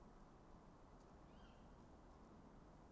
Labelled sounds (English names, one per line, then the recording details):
Tawny Owl
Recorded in Germany
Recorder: ecoPi